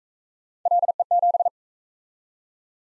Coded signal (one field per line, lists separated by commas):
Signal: Morse code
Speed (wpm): 43 wpm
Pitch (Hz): 700 Hz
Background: none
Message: LE7